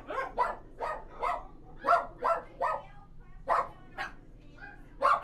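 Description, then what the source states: Dog barks, sharp and fairly evenly spaced, about two per second, with a short lull midway and a faint low hum behind. Dogs at a dog boarding house.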